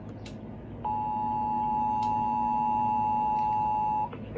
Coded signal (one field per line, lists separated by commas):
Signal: Emergency Alert System (SAME) tones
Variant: 853 and 960 Hz attention tone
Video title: EAS Severe Thunderstorm Warning on WKVP-FM 106.9 (EAS #159)